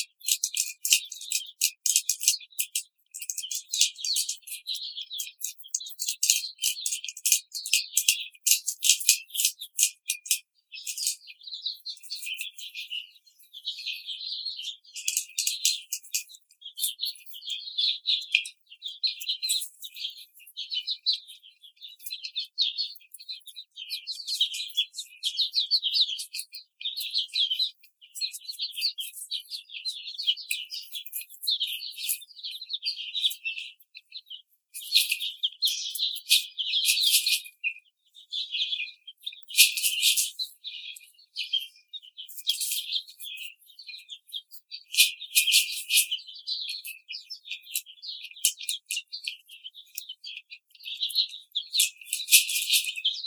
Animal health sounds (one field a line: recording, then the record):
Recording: young laying hens in a cage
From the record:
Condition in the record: treatment cage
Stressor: simulated dog barking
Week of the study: 5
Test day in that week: 1